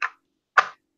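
A compact pistol is pushed into its holster. A soft tick at 0.0 s is followed by a sharp, loud retention click at 0.6 s as the pistol seats in the holster.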